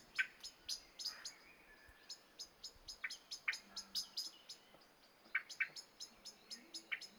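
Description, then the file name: Common blackbird giving rapid metallic ticks in a steady series, with a few deeper chuck notes breaking in now and then. "Turdus merula"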